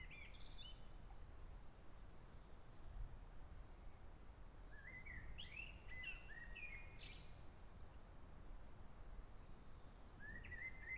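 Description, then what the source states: Bird song with scattered high whistles and quick chirpy phrases, some falling, over a constant low background hum. Forest birds at Sant Mateu, Ibiza.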